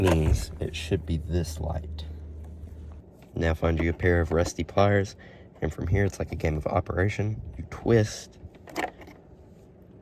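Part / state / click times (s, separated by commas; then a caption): twist-lock bulb socket in the back of the instrument cluster / released / 8.8 s. A twist-lock indicator bulb socket in the back of the instrument cluster of a 1997-2003 Ford F-150 is twisted with a pair of rusty pliers while someone talks. A click is heard at 8.8 s, and the socket is released to be pulled out.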